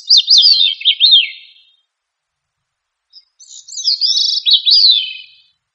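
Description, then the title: Thrush song with two phrases of fast, melodious zigzag notes that fall lower at each end, separated by a quiet pause. "Familia Turdidae - Sabia"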